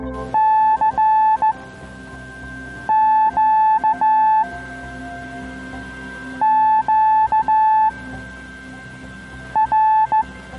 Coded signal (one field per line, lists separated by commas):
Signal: Morse code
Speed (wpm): 15 wpm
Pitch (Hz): 870 Hz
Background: music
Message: CQ QR